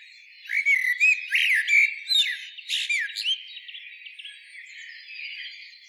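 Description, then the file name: Common blackbird song: fluty warbled notes mixed with thin high squeaky twitters, in bursts through the first few seconds, then a quieter background of birdsong. "Turdus merula"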